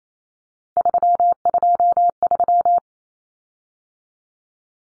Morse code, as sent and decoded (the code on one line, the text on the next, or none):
...-- ..--- ...--
323